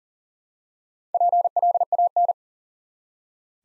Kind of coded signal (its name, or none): Morse code